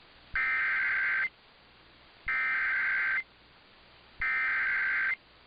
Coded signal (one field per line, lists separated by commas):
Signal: Emergency Alert System (SAME) tones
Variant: header bursts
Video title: CALIFORNIA FLOODING AND STORMS... EAS Alerts from 1/9/23 - 1/10/23 (EAS #1,853 - 1,861)